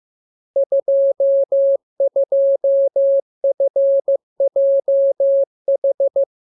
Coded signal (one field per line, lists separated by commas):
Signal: Morse code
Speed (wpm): 15 wpm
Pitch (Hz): 550 Hz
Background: none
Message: 22FJH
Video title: Learning Morse Code. Lesson 29. Letter KMURESNAPTLWI.JZ=FOY,VG5/Q92H3